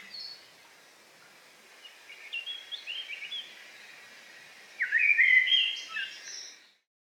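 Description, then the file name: Eurasian blackbird song in short bursts of warbled, squeaky twittering phrases, with a louder tumbling phrase near the end against a soft background hiss. Recorded in a forest on 8 July 2018. "180708 blackbird forest"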